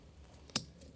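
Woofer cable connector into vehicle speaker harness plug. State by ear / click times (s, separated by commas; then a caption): seated / 0.6 s. A woofer's plastic plug connector, turned the right way, is pushed together with the vehicle speaker harness connector in a VW Golf 6 during an Audison APSP-G6 sound system install. A sharp, bright click at 0.6 s marks the connector seating, with a few faint ticks before and after. The connector is confirmed clicked in.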